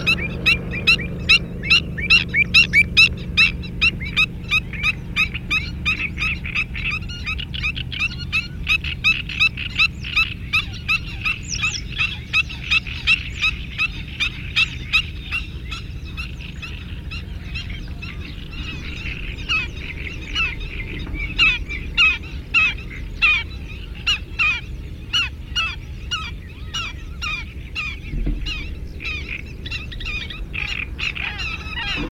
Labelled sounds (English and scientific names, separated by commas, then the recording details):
Black-winged Stilt (Himantopus himantopus) call
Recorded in the wild
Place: Burgas, BG
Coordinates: 42.505, 27.463
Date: 1974-06-03
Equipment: Nagra III BH, Sennheiser MD 21, parabola
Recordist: Schubert, Michael